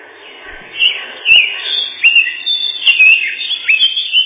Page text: Славка-завирушка, или славка-мельничек — Sylvia curruca